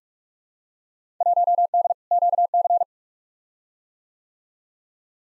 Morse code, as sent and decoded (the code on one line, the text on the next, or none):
.---- -.. / --.- -.-.
1D QC